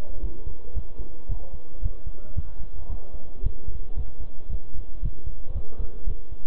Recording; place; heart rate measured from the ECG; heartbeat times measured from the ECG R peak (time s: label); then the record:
heart sounds by stethoscope; between the tricuspid and mitral areas; 113 bpm
0.23 s: heartbeat
0.76 s: heartbeat
1.29 s: heartbeat
1.83 s: heartbeat
2.36 s: heartbeat
2.90 s: heartbeat
3.44 s: heartbeat
3.97 s: heartbeat
4.50 s: heartbeat
5.03 s: heartbeat
5.55 s: heartbeat
6.07 s: heartbeat
From the record:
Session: bicycle stress test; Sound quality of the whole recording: good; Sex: male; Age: 23 years